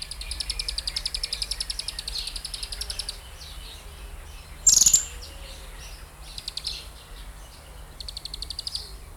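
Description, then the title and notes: White-crested tyrannulet giving very high, dry, rapid ticking trills in short bursts, with a sharp loud click in the middle and a faint low hum throughout. Bahía Blanca area, Argentina. "Museo de Ciencias de Bahía Blanca. Piojito (Serpophaga subcristata)"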